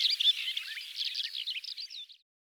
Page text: Calandra Lark Songs - Quick Sounds